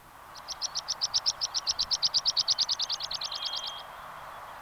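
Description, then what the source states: Meadow Pipit song: a rapid series of many thin, high, evenly spaced notes, fading at the end, with a short drawn-out tone beneath the final notes. Sweden.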